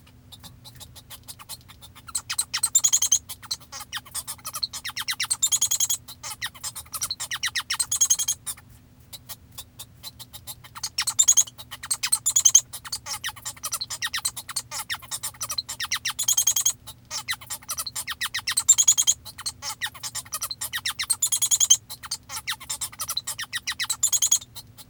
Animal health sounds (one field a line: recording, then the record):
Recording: song of a male Bengalese finch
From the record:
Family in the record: father 1